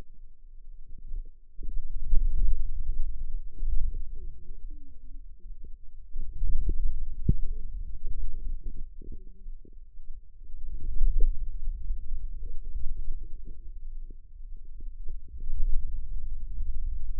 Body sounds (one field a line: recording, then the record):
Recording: forearm muscle sounds (acoustic myography)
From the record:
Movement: hand closing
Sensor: system 2, bracelet of six BSWA MPA416 microphones around the upper forearm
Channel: 6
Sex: female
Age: 21 years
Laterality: right